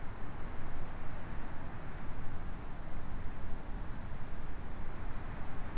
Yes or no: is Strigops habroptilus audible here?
no